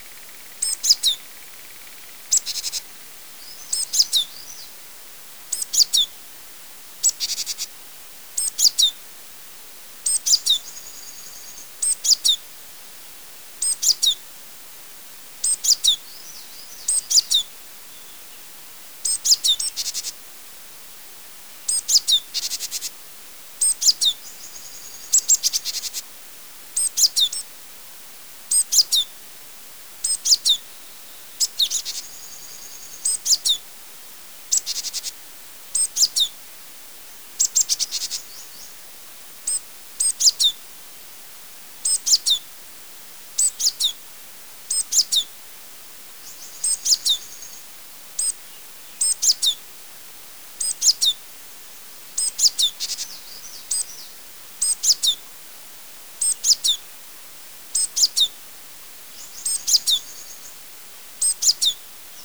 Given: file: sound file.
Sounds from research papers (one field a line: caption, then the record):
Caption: Alarm calls of Hainan-tits in response to dove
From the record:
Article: Geographic Variation in Note Types of Alarm Calls in Japanese Tits (Parus minor)